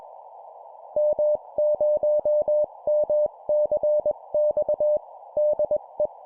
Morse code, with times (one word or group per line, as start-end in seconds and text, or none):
1.0-5.0 M0MCX
5.4-6.1 DE